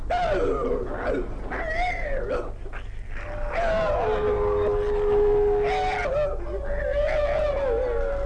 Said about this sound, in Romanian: Dar nu! E un câine!